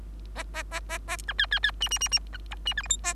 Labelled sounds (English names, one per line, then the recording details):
Bengalese Finch song
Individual Bird3